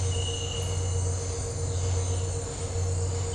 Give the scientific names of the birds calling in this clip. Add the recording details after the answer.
none. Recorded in dense forest near Puerto Asís, Putumayo, Colombia, on 19 March 2025 at 17:30. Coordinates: 0.468, -76.322. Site GP01